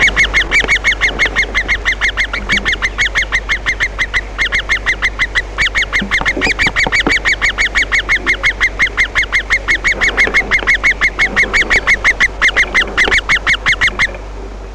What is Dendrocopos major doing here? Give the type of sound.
begging call